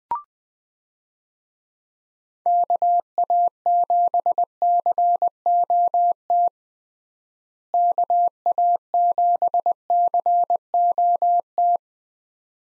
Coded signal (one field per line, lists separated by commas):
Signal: Morse code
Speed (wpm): 20 wpm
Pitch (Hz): 700 Hz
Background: none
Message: KA7COT KA7COT